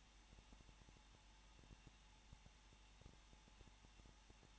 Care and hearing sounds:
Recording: daily activity, microphone in the room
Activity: no activity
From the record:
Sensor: 1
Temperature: 20.1 degrees Celsius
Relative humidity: 39.3%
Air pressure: 1006.4 hPa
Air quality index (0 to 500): 218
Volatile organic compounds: 79 ppm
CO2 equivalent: 3603 ppm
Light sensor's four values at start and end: 1/2/1/1 and 1/2/1/1

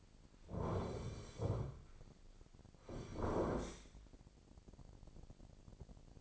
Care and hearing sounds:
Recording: daily activity, microphone in the room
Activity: sit down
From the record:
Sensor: 5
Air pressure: 1009.3 hPa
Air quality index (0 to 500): 154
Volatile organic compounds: 2 ppm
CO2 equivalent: 1184 ppm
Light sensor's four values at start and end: 214/513/217/235 and 217/520/220/238

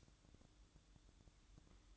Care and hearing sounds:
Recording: daily activity, microphone in the room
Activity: light off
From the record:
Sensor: 3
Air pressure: 1007.9 hPa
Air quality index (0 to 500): 82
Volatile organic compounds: 1 ppm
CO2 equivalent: 697 ppm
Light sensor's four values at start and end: 18/48/20/19 and 12/29/12/12

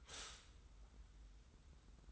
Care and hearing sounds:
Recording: daily activity, microphone in the room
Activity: stop toaster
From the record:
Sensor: 3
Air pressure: 990.6 hPa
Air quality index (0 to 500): 158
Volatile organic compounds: 739 ppm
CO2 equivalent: 5078 ppm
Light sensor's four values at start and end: 41/98/40/38 and 41/99/40/38

